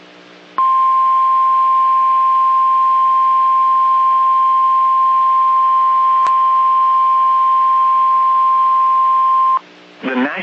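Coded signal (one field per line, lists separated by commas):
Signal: Emergency Alert System (SAME) tones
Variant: 1050 Hz attention tone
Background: speech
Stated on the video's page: Severe thunderstorm warning SAME tones for the alert issued by the National Weather Service.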